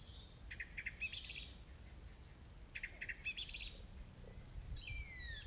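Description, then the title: Song thrush song in quiet bursts of rapid high chirps and twittering notes. Recorded 4 May 2021 at 20:35. "2021-05-04 20-35-13-Song-Thursh-4 th-May-2021"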